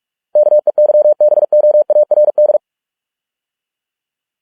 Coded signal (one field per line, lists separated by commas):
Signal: Morse code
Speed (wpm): 46 wpm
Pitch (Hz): 600 Hz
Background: none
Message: KEYBOARD